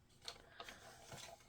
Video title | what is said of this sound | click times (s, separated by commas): All About Paper Trimmers | so that is everything oh it snapped back into place yay | 0.3 s